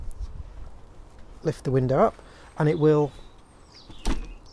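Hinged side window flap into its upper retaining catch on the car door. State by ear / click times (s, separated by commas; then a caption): seated / 4.1 s. The lower half of a Citroen Ami EV's hinged plastic side window is lifted upward into the upper retaining catch on the car door while someone talks. A sharp click at 4.1 s marks the flap latching firmly open, held by its catch.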